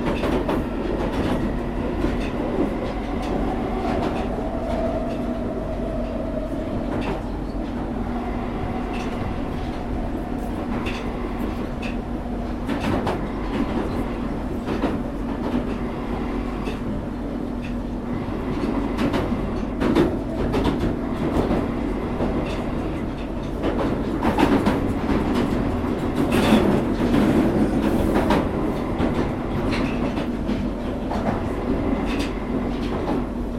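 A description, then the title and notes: A train rolls along steadily with a dense, low rumble and a constant hum near the low middle. Brief clicks and rattles of wheels over rail joints come often, and a faint whine rises early on. The noise swells slightly louder around the twenty-five second mark. International Train Noise Compilation.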